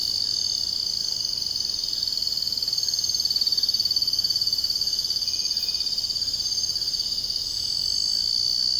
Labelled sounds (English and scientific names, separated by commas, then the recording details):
none
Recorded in secondary vegetation near Puerto Asís, Putumayo, Colombia, on 13 March 2025 at 04:30
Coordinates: 0.502, -76.326
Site G100